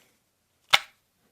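A fixed-blade knife, the Ameight LSM, is drawn quickly out of its sheath, overcoming the sheath's click retention. A single loud, sharp snap sounds at 0.7 s as the blade pulls free, and the sheath's strong retention lock takes significant force to release.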